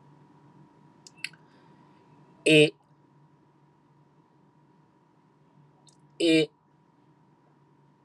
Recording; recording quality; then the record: sustained vowel as in made; excellent, no background noise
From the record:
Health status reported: healthy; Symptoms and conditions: diabetes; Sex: male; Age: 55 years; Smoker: not ticked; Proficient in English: yes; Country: India